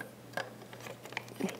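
A Ronin gimbal's base quick plate is handled and lined up to slide into a metal CineMilled Mitchell quick-release mount plate. Only light handling taps and small ticks are heard. Nothing has seated or clicked yet.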